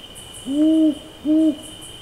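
Rufous owl giving a double hoot, two deep notes, the first a little longer, over a steady high whine.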